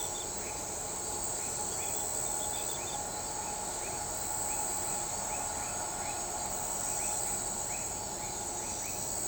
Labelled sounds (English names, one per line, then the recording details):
none
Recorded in shrubland near Pivijay, Magdalena, Colombia, on 16 April 2023 at 01:00
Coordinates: 10.453, -74.365
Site P5-G022